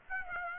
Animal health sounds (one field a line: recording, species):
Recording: mosquito wingbeat signal from an infrared sensor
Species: Aedes aegypti